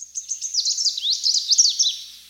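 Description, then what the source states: Greenish warbler song: a rapid, high, scratchy run of chirps and trills, sliding up and down, lasting about two seconds with no other clear sounds. Mixed song combining elements of western and eastern dialects, from the Krasnoyarsk Krai contact zone of the western and eastern subspecies, Russia; trills serve to attract a female.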